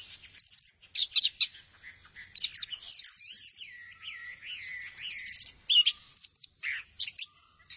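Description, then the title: Thrush song of quick chirps, then a long wavering whistle that rises and falls, followed by clusters of sharp, high notes. "burung anis x"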